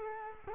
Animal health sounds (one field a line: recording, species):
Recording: mosquito wingbeat signal from an infrared sensor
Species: Culex quinquefasciatus